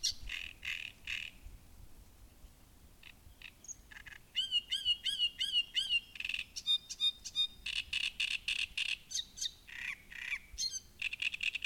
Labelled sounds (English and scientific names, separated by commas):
Great Reed Warbler (Acrocephalus arundinaceus)